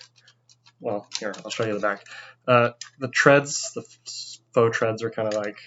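A section of a large plastic brick Lego Omega Supreme robot is snapped into the rest of the model while transforming it into its base and tank form, giving a short, sharp click at 0.0 s. A few faint ticks follow, then someone talks. The section seats with a satisfying click.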